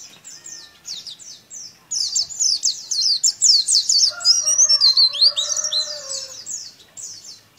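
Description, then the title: Oriental white-eye song: rapid, high, thin twittering phrases in quick runs, with a lower, steadier whistled tone sounding beneath midway. Bali variety, singing a continuous rolling song style (ngerol), in vigorous full voice (gacor). "Pleci Dakun Bali"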